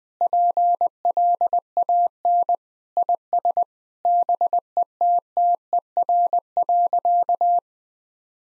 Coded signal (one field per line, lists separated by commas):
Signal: Morse code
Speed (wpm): 20 wpm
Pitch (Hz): 700 Hz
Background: none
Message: PLAN IS BETTER.